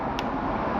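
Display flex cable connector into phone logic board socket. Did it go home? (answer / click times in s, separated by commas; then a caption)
yes / 0.2 s. On an iPhone 5s, the screen's display flex cable connector is pressed by hand onto its socket on the logic board. A single short, sharp click rises out of a steady broadband background hum at 0.2 s. The click confirms the connector has seated and is connected properly.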